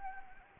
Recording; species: mosquito wingbeat signal from an infrared sensor; Anopheles gambiae